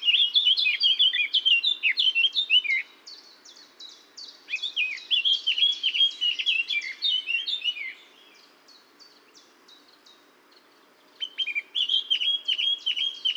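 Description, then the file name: Eurasian blackcap song: bursts of fast, mixed warbling and whistled notes separated by pauses, with a fresh phrase starting near the end. "Sylvia atricapilla"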